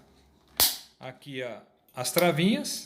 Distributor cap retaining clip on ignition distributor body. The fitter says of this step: aí depois é só você colocar aqui a tampa do distribuidor e encaixa